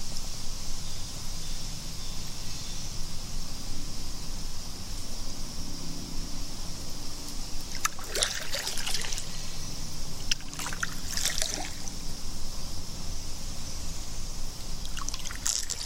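Kayak paddling on water, with a steady low rumble and a constant bright hiss running through the whole clip. Short bursts of splashing and dripping break in around eight, ten to eleven, and near fifteen seconds, each lasting about a second.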